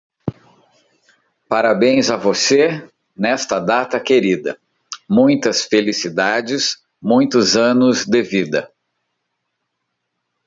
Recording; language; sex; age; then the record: short text; Brazilian Portuguese; male; 50 to 59 years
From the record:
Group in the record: control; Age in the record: 52 years